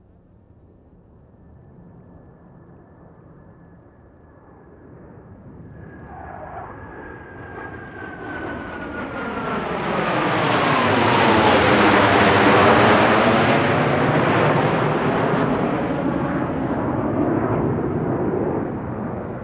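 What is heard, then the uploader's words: A jet fighter passes by, rising from a rumble to a loud roaring peak around twelve seconds before easing away. A high whine slides downward in pitch as it goes over, and sweeping, wavering tones shift through the roar. Blue Angels F/A-18 Hornet Passby. I was situated along the shore of Lake Washington. Recorder: SD702 mid-side configuration mid: MKH8060 side: MKH30.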